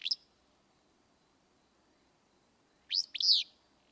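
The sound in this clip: Willow flycatcher song: a clipped note at the start, then after a pause one full buzzy, two-part phrase.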